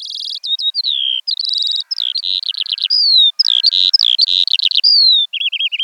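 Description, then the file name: Eurasian skylark singing a loud, rapid jumble of buzzy trills, sliding whistles and chattering notes, continuous throughout. "veldleeuwerik"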